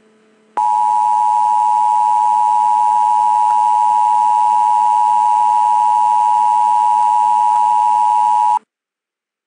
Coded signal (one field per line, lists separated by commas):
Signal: Emergency Alert System (SAME) tones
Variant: 853 and 960 Hz attention tone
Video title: EAS #51: NYS Math Exam (4/26/22)